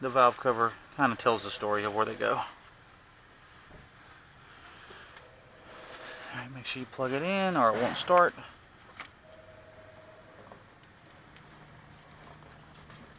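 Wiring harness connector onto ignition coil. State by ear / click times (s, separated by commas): not seated / none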